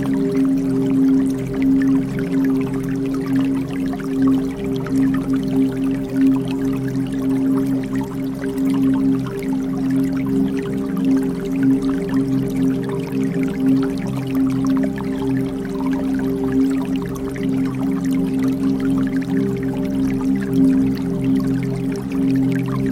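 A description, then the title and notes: Water trickles steadily down bamboo with faint drips and splashes, over a constant low mechanical hum that never changes throughout. Bamboo Water Fountain and White Noise Machine. The natural sound of water trickling down the bamboo adds a touch of tranquility to any space.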